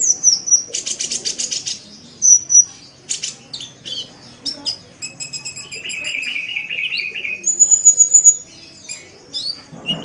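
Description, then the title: Oriental magpie-robin with buzzy rattling trills, high thin whistles and a long wavering note, varied phrases following each other quickly. "Kicau Kacer"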